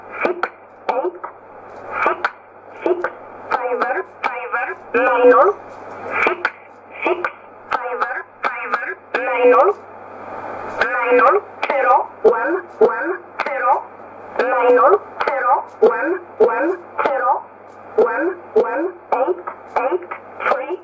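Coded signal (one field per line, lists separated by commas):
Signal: numbers station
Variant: E11 (Oblique)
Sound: a voice reading short, evenly spaced words over a narrow, hissy shortwave channel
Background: radio static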